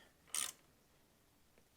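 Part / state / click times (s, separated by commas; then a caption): torque wrench on a shock mounting bolt / torque reached / 0.4 s. A Precision click-type torque wrench tightens a shock mount bolt while coilovers are being replaced on a 3rd-generation Honda Prelude. A short, bright burst of sound from about 0.3 to 0.5 s carries two sharp clicks, both at about 0.4 s, then only quiet background remains, with a faint tick near 1.6 s. The wrench breaks over at its set torque, confirming the bolt is tightened to spec.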